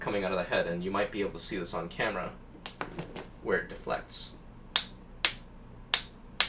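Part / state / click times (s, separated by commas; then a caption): click-type torque wrench for SMA coaxial connectors / torque reached / 4.8 s, 5.2 s, 5.9 s, 6.4 s. Someone talks while working a small fixed click-type torque wrench for SMA coaxial connectors by hand, set at its minimum setting, where it takes quite a bit of force. A few faint ticks come at about 2.7, 2.8 and 3.0 s. The head breaks over with a very small deflection, giving sharp, loud clicks at its set limit at 4.8, 5.3, 5.9 and 6.4 s.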